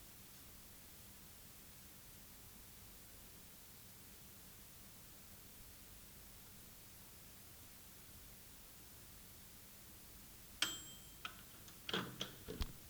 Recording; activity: daily activity, guitar pickup as the sensor; use microwave